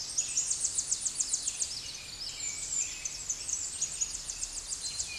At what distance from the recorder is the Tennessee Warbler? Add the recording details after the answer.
about 30 m. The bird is about 25 m above the microphone. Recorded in a Pennsylvania forest on 16 May 2024 at 09:53. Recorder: AudioMoth, point MSD-1293. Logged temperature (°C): 12.0 °C. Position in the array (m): 65 m, 170 m